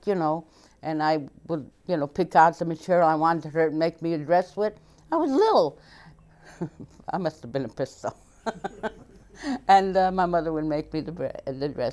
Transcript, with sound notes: You know, and I would, you know, pick out the material I wanted her to make me a dress with. I was little. ( she laughs ) I must have been a pistol. ( she laughs ) And, uh, my mother would make me the dress.